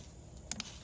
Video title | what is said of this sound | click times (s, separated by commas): Attempted upgrade to Auxbeam F16 LED bulbs. This mod isn’t going to work | pops right in, like nothing to it. | 0.5 s